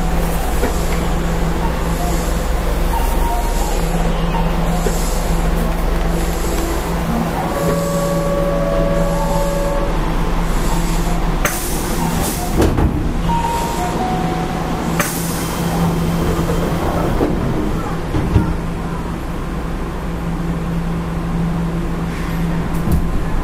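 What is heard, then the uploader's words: Running noise recorded aboard a Keihan Electric Railway 5000 series train on the Keihan main line. A steady low rumble and hum fills all 23 seconds, with thin whining tones sliding in and out around the middle and brief sharp clanks near 12 and 15 seconds. 京阪5000系 準急 京橋から枚方市まで. 京阪電気鉄道5000系電車の走行音です。 京阪本線の準急列車で録音しました。 It is running noise of the Keihan Electric Railway 5000 series train. I recorded on a semi express train on the Keihan main line.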